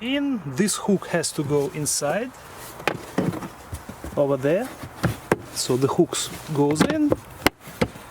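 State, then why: Seated. A plastic trim panel in the interior of a Lexus UX (2019-2026), put back during a 12V battery change, is hooked in at one edge and then pressed so its clips snap home. Someone talks throughout, and a sharp snap at 7.5 s marks the panel seating in place.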